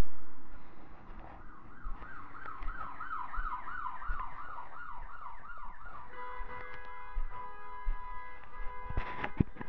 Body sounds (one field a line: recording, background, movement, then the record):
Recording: deep breathing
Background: traffic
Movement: walking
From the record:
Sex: male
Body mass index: 20.6 kg/m2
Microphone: on the chest, facing the body